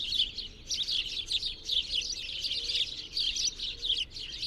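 Bird chorus of sharp, high chirps coming in quick clumps with brief gaps between bursts.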